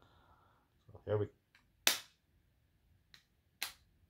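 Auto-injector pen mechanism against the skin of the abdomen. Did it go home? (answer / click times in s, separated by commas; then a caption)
yes / 1.9 s, 3.6 s. Someone talks briefly as a single-use auto-injector pen is pressed against the skin of the belly and its button is pushed. A sharp first click at 1.9 s starts the injection, and a second click at 3.6 s marks the needle retracting, confirming the injection is complete.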